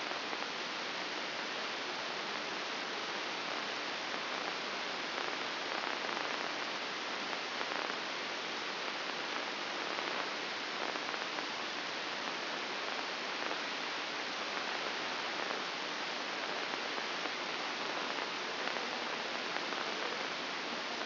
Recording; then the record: brain microelectrode recording played as sound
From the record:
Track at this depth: outside the subthalamic nucleus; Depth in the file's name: 6.661 mm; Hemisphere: left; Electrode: 2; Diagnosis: Parkinson's disease